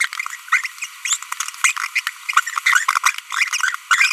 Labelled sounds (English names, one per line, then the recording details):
Green-rumped Parrotlet babbling
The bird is a female
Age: 25 days
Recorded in a nest box in Venezuela
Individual 17B42B1